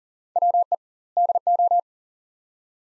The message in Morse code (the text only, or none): WE DO